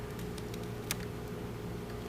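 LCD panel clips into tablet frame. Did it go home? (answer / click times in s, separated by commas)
yes / 0.9 s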